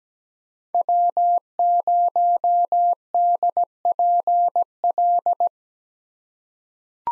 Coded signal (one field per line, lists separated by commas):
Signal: Morse code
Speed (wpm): 17 wpm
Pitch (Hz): 700 Hz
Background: none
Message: W0DPL